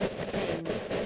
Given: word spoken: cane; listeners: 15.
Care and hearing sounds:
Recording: one English word in noise, from a listening test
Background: noise modulated by three-talker babble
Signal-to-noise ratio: -6.3 dB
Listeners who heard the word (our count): 1 of 15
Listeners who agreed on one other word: 8 of 15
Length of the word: 0.66 s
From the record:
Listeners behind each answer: 8, 1, 1, 1, 1, 1, 1, 1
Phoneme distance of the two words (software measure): 10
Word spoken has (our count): 1 syllable, 3 phonemes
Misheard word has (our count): 1 syllable, 3 phonemes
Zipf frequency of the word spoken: 3.75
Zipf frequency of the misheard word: 4.85

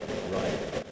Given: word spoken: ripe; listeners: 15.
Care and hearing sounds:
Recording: one English word in noise, from a listening test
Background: noise modulated by three-talker babble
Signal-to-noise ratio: -4.2 dB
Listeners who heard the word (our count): 1 of 15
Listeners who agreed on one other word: 10 of 15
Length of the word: 0.51 s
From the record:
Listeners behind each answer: 10, 1, 1, 1, 1, 1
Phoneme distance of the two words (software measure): 10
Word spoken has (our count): 1 syllable, 3 phonemes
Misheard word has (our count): 1 syllable, 3 phonemes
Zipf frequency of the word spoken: 3.70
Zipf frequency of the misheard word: 6.36

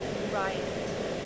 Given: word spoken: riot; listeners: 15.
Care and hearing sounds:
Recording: one English word in noise, from a listening test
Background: speech-shaped noise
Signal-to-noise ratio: -4.2 dB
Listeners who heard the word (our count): 4 of 15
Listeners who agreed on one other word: 8 of 15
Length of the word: 0.85 s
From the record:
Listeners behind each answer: 8, 4, 1, 1, 1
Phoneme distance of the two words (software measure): 7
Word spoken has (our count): 2 syllables, 4 phonemes, stress on syllable 1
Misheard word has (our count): 1 syllable, 3 phonemes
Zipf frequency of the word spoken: 3.94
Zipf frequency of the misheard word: 6.36

